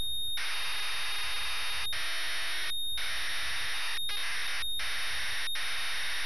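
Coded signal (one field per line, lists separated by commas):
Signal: ZX Spectrum tape loading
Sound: harsh wideband screeching bursts separated by short silences, with a faint steady whine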